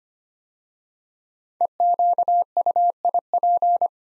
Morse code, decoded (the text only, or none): EQUIP